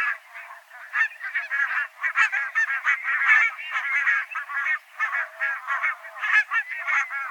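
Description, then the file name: Barnacle goose: barnacle geese calling as a flock, a dense overlapping chatter of short, yapping honks repeated rapidly. "Nonnengans"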